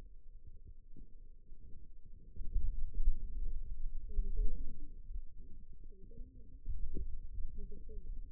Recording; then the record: forearm muscle sounds (acoustic myography)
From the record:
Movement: finger pinch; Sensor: system 2, bracelet of six BSWA MPA416 microphones around the upper forearm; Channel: 3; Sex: female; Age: 21 years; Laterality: right